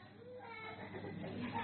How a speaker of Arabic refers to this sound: لا العيال اللي بتعيط احنا هنستحمله، مفيش مشكله عيطوا براحتهم، لكن الكبار نعمل لهم ايه طيب؟